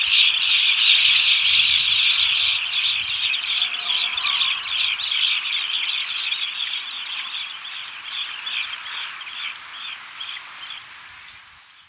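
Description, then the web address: White-collared swift chattering: rapid harsh high notes repeated quickly in a long run, steadily fading away until near silence. Recorded in Ecuador. "Natures Songs S America Birds of Ecuador. White-Collared Swift"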